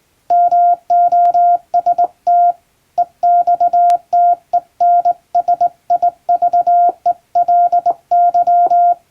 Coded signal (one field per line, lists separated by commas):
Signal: Morse code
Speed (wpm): 20 wpm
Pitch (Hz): 700 Hz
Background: none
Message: MOST EXTENSIVELY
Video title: 【morse practice】thisi is straight key's Morse code practice video. There is a morse exam in japan.